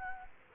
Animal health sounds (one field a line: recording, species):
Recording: mosquito wingbeat signal from an infrared sensor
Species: Anopheles gambiae